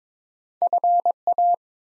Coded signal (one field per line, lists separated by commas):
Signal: Morse code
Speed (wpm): 22 wpm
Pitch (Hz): 700 Hz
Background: none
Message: FA